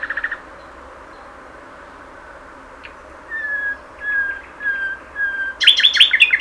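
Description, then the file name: Common nightingale song: a short burst, then pure whistled notes swelling one after another, ending in a fast series of sharp high notes. "Luscinia megarhynchos"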